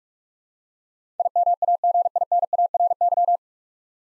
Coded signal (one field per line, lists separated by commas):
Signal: Morse code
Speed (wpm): 46 wpm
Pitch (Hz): 700 Hz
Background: none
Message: IMAGINARY